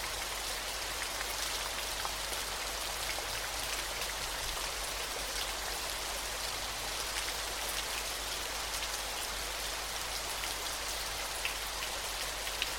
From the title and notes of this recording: A Little Bit of Waterfall.